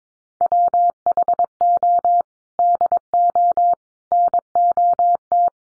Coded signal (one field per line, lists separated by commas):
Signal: Morse code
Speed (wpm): 22 wpm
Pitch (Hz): 700 Hz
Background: none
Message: WHO DO NOT